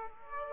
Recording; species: mosquito wingbeat signal from an infrared sensor; Aedes aegypti